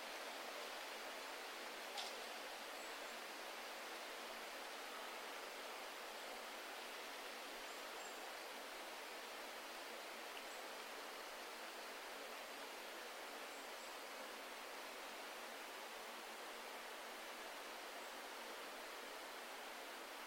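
Wind sweeps through the forest trees in a steady, dense rush of hiss with almost no low rumble, holding one level for the full twenty seconds. A short tick sounds near the two-second mark, and a few faint, thin high chirps appear later.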